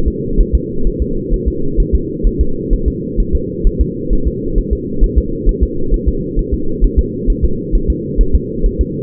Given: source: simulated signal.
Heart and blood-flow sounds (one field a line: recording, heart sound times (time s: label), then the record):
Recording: fetal heart sounds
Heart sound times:
0.08 s: S2
0.41 s: S1
0.55 s: S2
0.87 s: S1
1.02 s: S2
1.34 s: S1
1.48 s: S2
1.80 s: S1
1.95 s: S2
2.27 s: S1
2.41 s: S2
2.73 s: S1
2.88 s: S2
3.20 s: S1
3.35 s: S2
3.67 s: S1
3.81 s: S2
4.13 s: S1
4.27 s: S2
4.58 s: S1
4.73 s: S2
5.04 s: S1
5.18 s: S2
5.49 s: S1
5.63 s: S2
5.94 s: S1
6.08 s: S2
6.39 s: S1
6.54 s: S2
6.85 s: S1
6.99 s: S2
7.30 s: S1
7.44 s: S2
7.75 s: S1
7.90 s: S2
8.21 s: S1
8.35 s: S2
8.66 s: S1
8.81 s: S2
From the record:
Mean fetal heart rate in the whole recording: 130 bpm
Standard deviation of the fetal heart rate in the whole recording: 2 bpm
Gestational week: 38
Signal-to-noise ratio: -8.1 dB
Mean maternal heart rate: 72 bpm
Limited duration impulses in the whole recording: absent